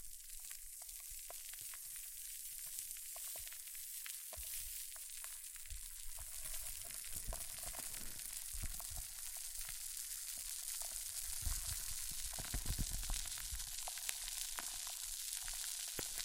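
Hair mousse fizzes in a dense, steady crackling hiss, with scattered sharper pops and a few louder bursts around twelve to thirteen seconds.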